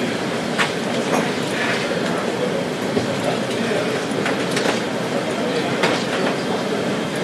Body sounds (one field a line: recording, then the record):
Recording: background sound without coughing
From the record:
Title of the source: Office Sounds Ambience - Background Noise for Study and Work